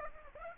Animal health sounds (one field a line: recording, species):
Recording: mosquito wingbeat signal from an infrared sensor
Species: Aedes aegypti